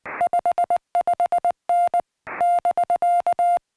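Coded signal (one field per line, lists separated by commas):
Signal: Morse code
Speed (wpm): 20 wpm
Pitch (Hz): 700 Hz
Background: music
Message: 55N <BK>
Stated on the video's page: CW contacts during a Summits on the Air activation on a summit, worked with ham radio.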